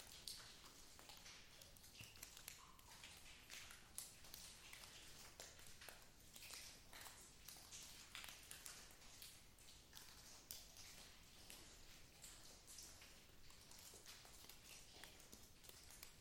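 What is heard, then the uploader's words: Inside a cave, a dense, uneven patter of sharp taps and clicks runs the whole way through, bright, like drips or crunching steps on loose rock. The level stays steady, with a few louder knocks near the start and middle over a soft low hum. At 2.5 miles Ape Cave is the longest continuous lava tube in the contiguous United States, and the third longest in North America. From time to time I like to venture in and record all night (to avoid the disturbance of other hikers during the day). In November 2019 I returned for another night of hiking and recording.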